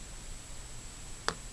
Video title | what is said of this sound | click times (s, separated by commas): How to replace the glass on a Verizon iPhone 4 | not forcing anything it'll find its connector and when it does it'll just snap right in | 1.3 s